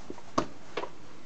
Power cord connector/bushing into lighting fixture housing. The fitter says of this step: and it pops right in now it's not secure yet you still got to turn it back